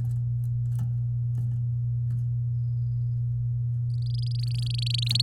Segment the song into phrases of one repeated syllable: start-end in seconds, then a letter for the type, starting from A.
4.02-5.21 A